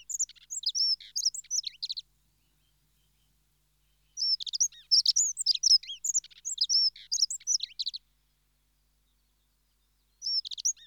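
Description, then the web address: Dunnock song: quick, high, jingling warbled phrases about two to four seconds long, with silent gaps of about two seconds between them and a third phrase starting near the end. "The BBC Sound Effects Library. Dunnock (Prunella Modularis)"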